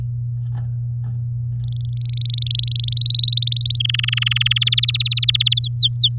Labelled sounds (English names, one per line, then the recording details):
Domestic Canary song
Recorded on 7 May 2018 at 13:44
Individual llb16